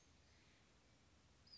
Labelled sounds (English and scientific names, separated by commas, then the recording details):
Western Flycatcher (Empidonax difficilis)
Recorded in Sonoma County, California